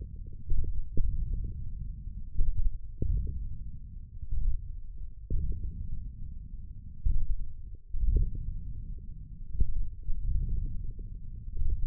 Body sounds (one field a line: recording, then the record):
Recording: forearm muscle sounds (acoustic myography)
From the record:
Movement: wrist extension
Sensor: system 1, eight BSWA MPA416 microphones around the upper forearm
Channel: 1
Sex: male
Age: 20 years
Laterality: left